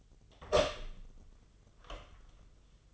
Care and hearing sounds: daily activity, microphone in the room; open door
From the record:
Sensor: 4

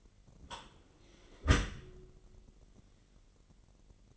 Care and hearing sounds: daily activity, microphone in the room; close dishwasher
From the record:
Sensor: 4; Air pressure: 999.1 hPa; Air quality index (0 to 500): 122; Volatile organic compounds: 2 ppm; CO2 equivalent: 1203 ppm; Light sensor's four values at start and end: 8/19/7/8 and 8/19/7/8

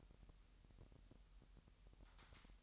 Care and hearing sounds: daily activity, microphone in the room; take from stove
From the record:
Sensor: 3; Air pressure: 1002.0 hPa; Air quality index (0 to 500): 246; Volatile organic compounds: 48 ppm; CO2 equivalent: 3270 ppm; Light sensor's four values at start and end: 6/15/6/6 and 6/15/6/6

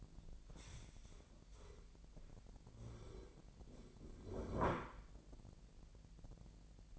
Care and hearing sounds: daily activity, microphone in the room; stand up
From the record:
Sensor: 5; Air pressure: 1001.8 hPa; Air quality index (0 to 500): 246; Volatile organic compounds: 30 ppm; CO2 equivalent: 2955 ppm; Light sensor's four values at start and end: 48/114/47/49 and 50/117/48/50

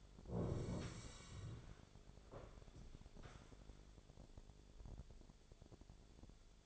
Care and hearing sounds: daily activity, microphone in the room; sit down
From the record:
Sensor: 5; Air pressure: 1000.5 hPa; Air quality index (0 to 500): 139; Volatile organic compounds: 2 ppm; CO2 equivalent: 1082 ppm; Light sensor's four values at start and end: 44/102/42/44 and 44/102/42/44

